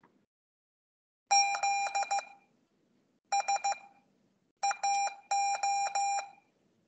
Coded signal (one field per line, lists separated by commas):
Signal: Morse code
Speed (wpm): 15 wpm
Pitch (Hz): 800 Hz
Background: none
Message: ZSAO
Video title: The forth COOL CW Practice aired on the 19th September 2024